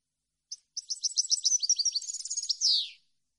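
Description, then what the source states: European goldfinch singing: a single opening note, then quick liquid twittering that runs for over two seconds and finishes with a drawn-out, falling note. Clean goldfinch song intended for birds to copy.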